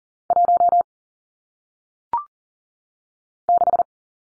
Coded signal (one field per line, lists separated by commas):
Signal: Morse code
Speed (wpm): 40 wpm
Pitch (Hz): 700 Hz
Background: none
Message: 1 6